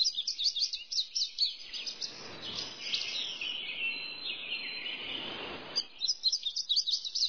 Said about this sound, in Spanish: Los sonidos de las aves.